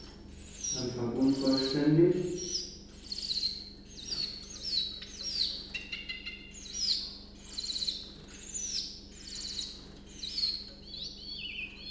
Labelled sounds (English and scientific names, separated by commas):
Willow Warbler (Phylloscopus trochilus)